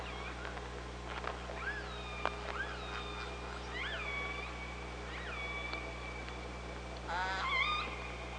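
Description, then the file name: Orca calls, repeated upswept and downswept tonal squeals with strong harmonics, then a louder pulsed burst near seven seconds, over a steady low hum and scattered clicks. OrcaLab underwater hydrophone, 24 August 2017 at 05:29. "Orca Lab UTLN JASON 20170824 052923"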